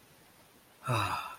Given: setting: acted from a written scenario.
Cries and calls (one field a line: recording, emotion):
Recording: vocal sound without words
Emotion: pride